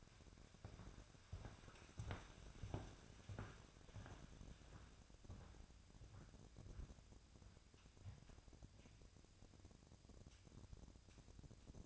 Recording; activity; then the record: daily activity, microphone in the room; walk to room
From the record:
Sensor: 2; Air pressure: 999.8 hPa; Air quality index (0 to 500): 122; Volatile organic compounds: 2 ppm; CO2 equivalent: 1052 ppm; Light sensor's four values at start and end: 32/78/34/39 and 34/82/36/41